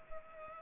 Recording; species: mosquito wingbeat signal from an infrared sensor; Culex pipiens